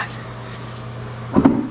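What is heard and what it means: A torque converter is spun and pushed onto a transmission's input shaft over a steady low hum, and a sharp metallic click lands at 1.4 s with a second close behind at 1.5 s. This is the first of the expected clicks, with the converter dropping into its first spline engagement and seated.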